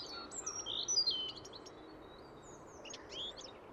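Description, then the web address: Bird calls: high chirps and short whistled notes, several in quick succession in the first second and a half, then fainter scattered chirps over a steady background hiss. "Deverinetal. Bird Only"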